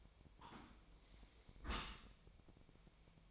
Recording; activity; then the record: daily activity, microphone in the room; close dishwasher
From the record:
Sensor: 1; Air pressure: 1003.1 hPa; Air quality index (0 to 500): 196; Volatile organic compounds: 6 ppm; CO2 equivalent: 1873 ppm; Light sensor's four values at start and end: 29/73/31/37 and 29/72/31/37